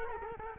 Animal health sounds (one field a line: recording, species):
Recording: mosquito wingbeat signal from an infrared sensor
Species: Culex quinquefasciatus